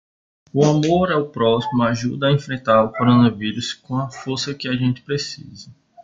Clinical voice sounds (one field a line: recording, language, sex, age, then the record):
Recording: spoken sentence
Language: Brazilian Portuguese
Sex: male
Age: 20 to 29 years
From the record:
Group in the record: control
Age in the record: 25 years